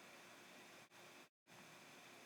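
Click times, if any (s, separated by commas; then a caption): none. A smoke alarm wiring adapter is being connected to the house wiring harness plug. Steady broadband hiss fills the clip, with a brief dip near 0.9 s and a short stretch of complete silence around 1.3–1.45 s. The adapter is handled but not yet home, and nothing has seated or clicked yet.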